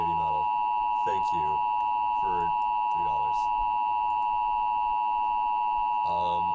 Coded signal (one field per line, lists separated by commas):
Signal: Emergency Alert System (SAME) tones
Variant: 853 and 960 Hz attention tone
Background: speech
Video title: Grading EAS Scenarios